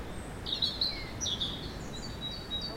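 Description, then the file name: European robin song: a high, thin warbled phrase with sliding whistles, then faint high notes, over steady background noise. "Erithacus rubecula"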